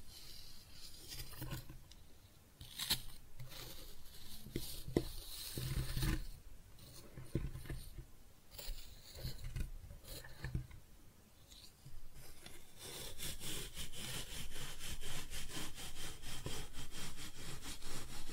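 Kinetic sand is cut and scooped in a run of soft, gritty scrapes and crumbly rustles. Short separate strokes come at an uneven pace through the first twelve seconds, then the sound turns denser, a steady stream of quick grainy scraping that continues to the end.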